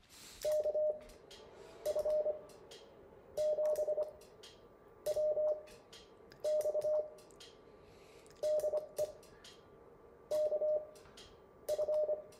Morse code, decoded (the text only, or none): KF7WX DE KF